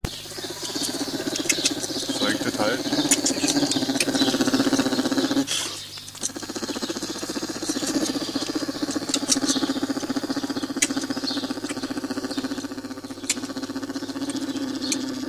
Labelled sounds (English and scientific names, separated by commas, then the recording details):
Polar Bear (Ursus maritimus) call
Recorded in captivity
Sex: male
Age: juvenile
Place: Zoo Berlin, Berlin, DE
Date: 2007-06-09 15:40
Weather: sunny, ca. 30°C
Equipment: Sony WM-D6C, Sennheiser ME 80, Kopie Uher 4000 Report Monitor
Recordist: Tembrock, Günter